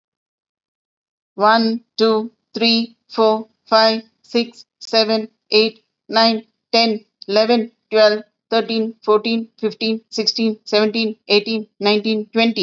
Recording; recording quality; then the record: counting at a normal pace; excellent, no background noise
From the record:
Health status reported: healthy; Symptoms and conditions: none ticked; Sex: female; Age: 49 years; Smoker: not ticked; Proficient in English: yes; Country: India